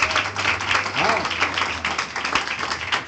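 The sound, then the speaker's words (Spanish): An audience applauds the Lord during a religious teaching, a dense, even wash of many hands clapping at once for about three seconds, with a few voices calling out underneath. “Entonces, bueno, aplauda al Señor, me asustó, hermano. Se va a aplaudir, señora. Fuerte el aplauso a Él.”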